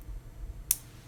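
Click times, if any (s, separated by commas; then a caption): 0.7 s. A metal deployant clasp with push-button releases is closed on the steel bracelet of a Grand Seiko SBGX063 watch. It snaps shut with a single sharp, bright click at 0.7 s over a quiet background, a very solid click that shows the clasp is fully seated.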